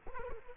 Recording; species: mosquito wingbeat signal from an infrared sensor; Culex quinquefasciatus